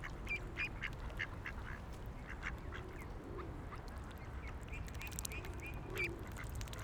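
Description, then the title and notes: Ducks quacking in short, nasal, scattered bursts over a constant low hum. Several ducks on a lake in a park in Vienna, being given food by people. "Patos Viena. Este es el momento en el cual en un parque de Viena damos comida a unos patos que encontramos en un lago"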